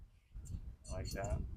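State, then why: Not seated. A metal shim is handled near its mounting on a 2002 Honda Civic while someone talks briefly. There are faint handling noises, and nothing has seated or clicked into place yet.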